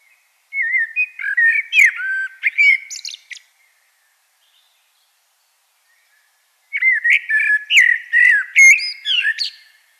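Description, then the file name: Common blackbird singing two separate warbled phrases of mellow whistles mixed with high, scratchy twittering, a pause of about three seconds between them. "Turdus merula"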